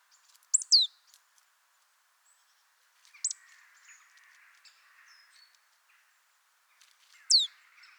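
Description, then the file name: Marsh tit calls: a few sharp, high, steeply falling notes in bursts spaced a few seconds apart, with faint softer chirps in between. "Poecile palustris"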